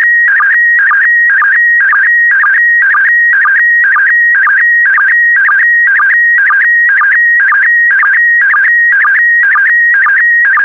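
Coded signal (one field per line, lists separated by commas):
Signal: SSTV (slow-scan television)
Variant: PD120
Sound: warbling tone repeating about twice a second, with short low sync dips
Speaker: complete. You can now check your decoded image against the picture that is shown on the video.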